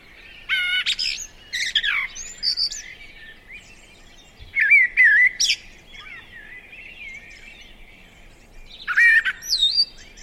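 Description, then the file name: Common blackbird giving scratchy high twittering notes, then a mellow fluted warble with a squeaky ending, and a final burst of high, thin chattering after a pause. "Turdus merula"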